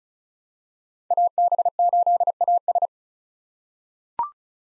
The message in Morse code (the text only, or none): AB8AS